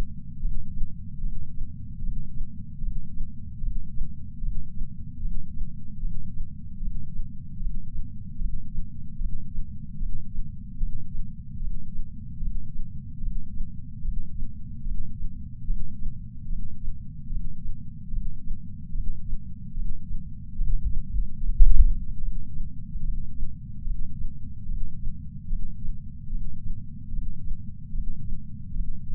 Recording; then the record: heart sounds by patch sensor on the chest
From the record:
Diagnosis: coronary artery disease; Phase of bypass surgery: intraoperative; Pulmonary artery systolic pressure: 24 mmHg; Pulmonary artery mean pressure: 17 mmHg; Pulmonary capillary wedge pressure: 7 mmHg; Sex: male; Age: 66 years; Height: 176 cm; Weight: 74.5 kg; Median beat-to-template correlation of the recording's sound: 0.83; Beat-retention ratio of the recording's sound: 1.00